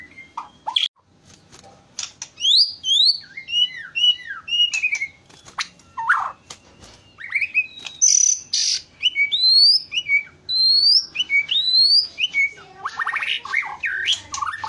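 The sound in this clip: White-rumped shama song: a rich, varied run of clear whistled notes, some swooping up and others slurring down, delivered in quick bursts with short pauses between phrases.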